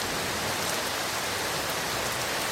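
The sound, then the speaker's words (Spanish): Steady, dense hiss of heavy summer rain pouring down without a break, a broad even wash of sound with no voices. “Ha llovido tanto y tanto con esa fuerza del verano”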